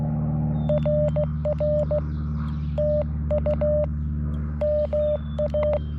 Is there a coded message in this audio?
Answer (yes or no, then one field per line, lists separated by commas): yes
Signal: Morse code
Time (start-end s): 0.7-5.8 s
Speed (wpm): 16 wpm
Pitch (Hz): 600 Hz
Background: none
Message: RR TU MA